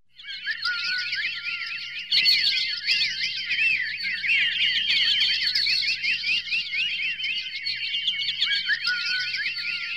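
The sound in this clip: Birds chirping in a dense chorus, many high, quick twittering and whistled notes overlapping continuously, growing louder after a couple of seconds, with a faint low hum beneath.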